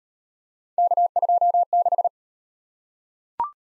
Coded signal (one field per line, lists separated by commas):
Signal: Morse code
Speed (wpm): 38 wpm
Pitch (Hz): 700 Hz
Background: none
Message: K26